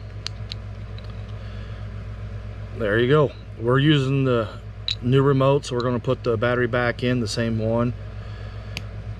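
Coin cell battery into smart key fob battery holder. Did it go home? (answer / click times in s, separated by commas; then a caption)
yes / 8.8 s. A coin cell battery is pushed down into the battery holder of a 2019 Chevrolet Camaro 5-button smart key fob until the plastic retaining tabs latch at all four corners. Someone talks over a low background hum, with a few small ticks near the start. A sharp latch click at 8.8 s marks the battery seating in the holder.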